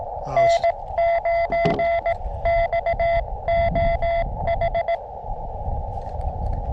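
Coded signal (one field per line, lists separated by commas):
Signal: Morse code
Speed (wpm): 17 wpm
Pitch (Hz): 680 Hz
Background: none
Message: N9XOH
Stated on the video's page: Morse from a park activation with a portable transceiver and compact antenna attached to the radio; signals weaker.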